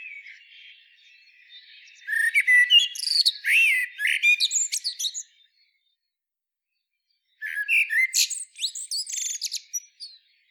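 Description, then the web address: Common blackbird song: one warbled phrase ending in squeaky trills, a silent gap of about two seconds, then a second similar phrase. "SETE data Turdus merula"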